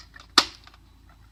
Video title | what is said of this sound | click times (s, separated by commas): Transformers Generations Leader Class Thrilling 30th Ann. Jetfire Action Figure BUST IT OPEN REVIEW! | you see how it snapped into place | 0.4 s